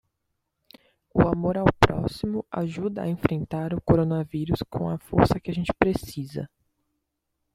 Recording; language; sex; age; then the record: spoken sentence; Brazilian Portuguese; female; 20 to 29 years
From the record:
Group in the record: control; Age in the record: 22 years